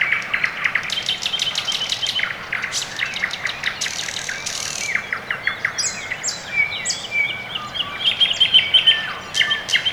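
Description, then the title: Birds: a chorus of busy twittering, clicking notes and trills throughout. Quiet early morning, Orekhovo-Borisovo Severnoye district, Moscow, Russia; recorded with Sony ECM-MS2 microphone into Marantz PMD-661, processed with equalisation and gain. "район Орехово-Борисово Северное, Москва, Россия - Morning birds"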